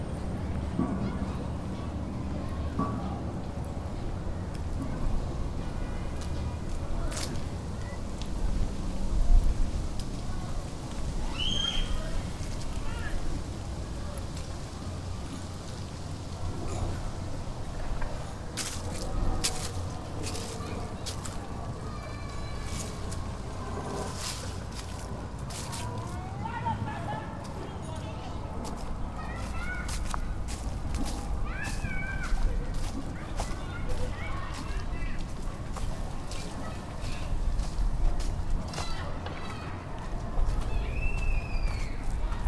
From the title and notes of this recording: The only recording not made from a stationary position - this track is essentially a walking tour of Greenpoint's McCarren Park. The crisp autumn air can almost be tasted as shoes crunch down on fallen leaves and a slight breeze leaves a chill behind.